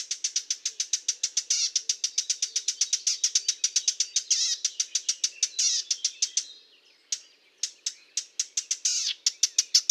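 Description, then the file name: Eurasian blackcap calls: loud, hard clicking notes given in a fast, steady stream of several per second, with a brief break near the end. "Sylvia atricapilla"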